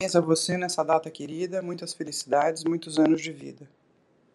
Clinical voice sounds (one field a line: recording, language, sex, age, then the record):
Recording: short text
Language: Brazilian Portuguese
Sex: female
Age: 50 to 59 years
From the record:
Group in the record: control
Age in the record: 51 years